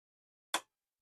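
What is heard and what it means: A bobbin case is pushed into the front bobbin area of a sewing machine's hook race with its arm at the top. A single sharp click at 0.5 s marks the bobbin case seating in place, followed by silence.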